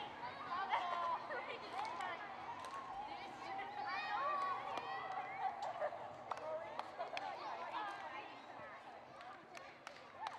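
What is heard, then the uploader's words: Children play on a playground, a dense steady mix of overlapping voices and chatter with frequent sharp shouts and squeals, plus a faint low hum. Children on the Playground Background Noise. The background noise of children playing on the playground.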